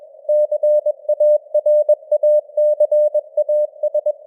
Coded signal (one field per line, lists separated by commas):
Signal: Morse code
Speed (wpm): 21 wpm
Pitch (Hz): 600 Hz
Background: none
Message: CARACAS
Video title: Morse Code News | 2026-01-07 | 21wpm